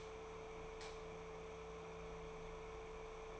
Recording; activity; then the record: daily activity, microphone in the room; light on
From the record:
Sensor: 1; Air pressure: 1014.8 hPa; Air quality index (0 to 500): 185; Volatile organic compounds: 18 ppm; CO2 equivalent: 2618 ppm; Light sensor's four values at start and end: 35/87/37/45 and 38/102/42/50